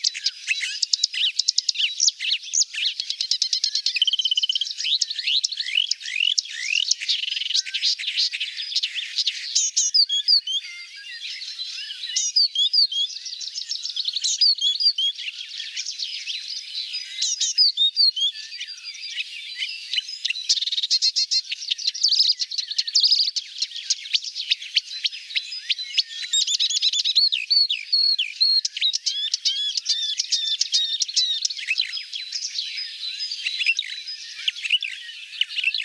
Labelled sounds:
Marsh Warbler song

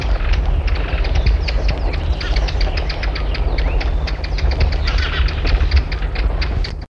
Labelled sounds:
Pririt Batis call

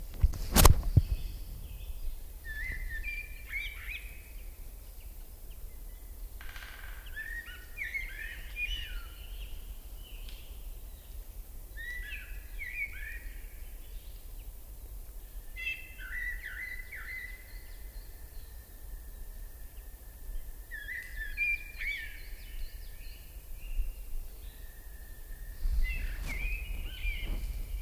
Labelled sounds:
Great Spotted Woodpecker

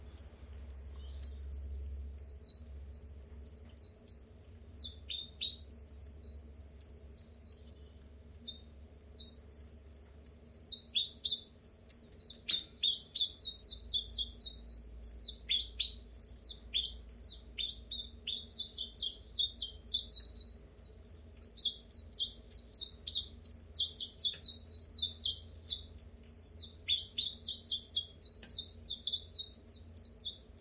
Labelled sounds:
Common Chiffchaff

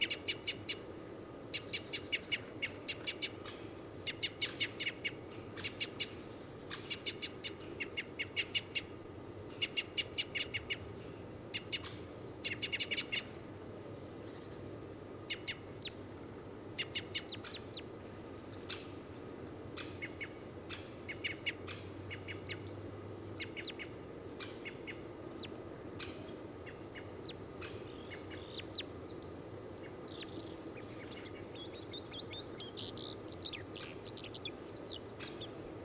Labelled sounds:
Red Crossbill call

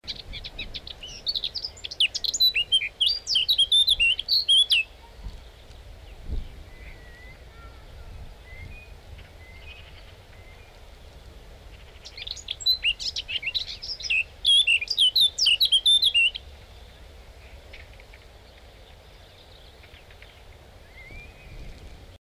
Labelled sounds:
Eurasian Blackcap song

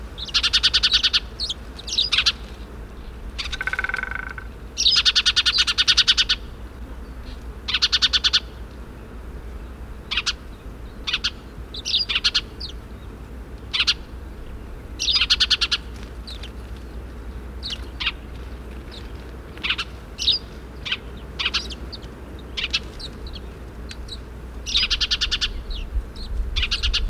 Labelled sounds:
Spanish Sparrow call

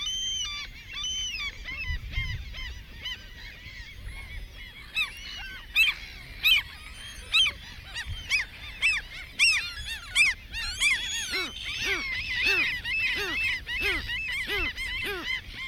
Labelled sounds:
Mediterranean Gull call

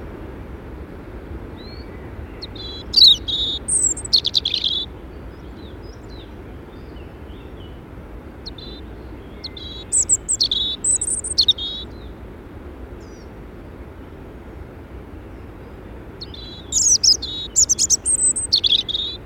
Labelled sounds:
European Robin song

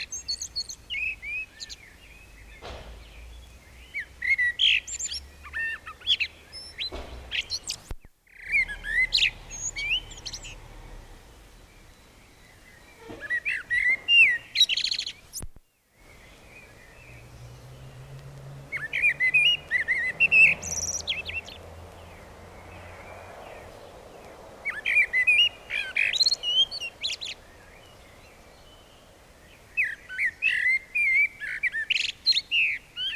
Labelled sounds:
Common Blackbird song

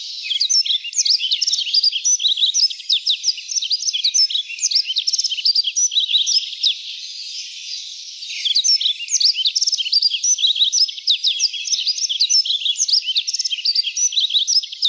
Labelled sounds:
Yellow-throated Bunting song

